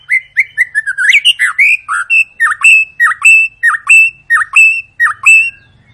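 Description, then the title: White-rumped shama song, a fast run of loud notes, each a downward dip followed by a clear whistle, repeated steadily for several seconds. Long, chatty lure song used to prompt other birds to sing. "Pancingan Murai Batu Gacor Panjang"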